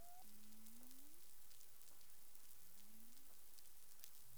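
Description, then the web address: Humpback whale calls: a brief high tone, then two low moaning units slowly rising in pitch and the start of a third at the end, with steady hissing water noise throughout. Caribbean waters, recorded 20 April 2021 at 04:26 UTC. "CARIMAM. humpback whale 20210420 042642 UTC"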